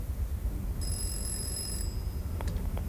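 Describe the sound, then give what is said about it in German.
A telephone bell rings in a railway crossing keeper's house in one steady, high-pitched burst lasting about a second over a constant low rumble, followed by a few short sharp clicks; a man picks up the receiver. “Er ist beschäftigt, es klingelt gerade, er nimmt den Hörer ab.”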